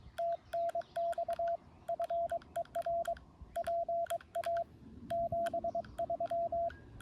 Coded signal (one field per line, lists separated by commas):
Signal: Morse code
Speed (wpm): 22 wpm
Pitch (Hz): 680 Hz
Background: none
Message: TNX FER PA 73